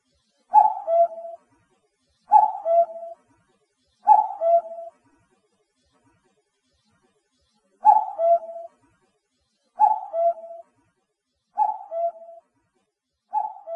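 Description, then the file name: Common cuckoo giving seven descending cu-coo calls, three in steady succession, then a brief pause before four more. "kakkou"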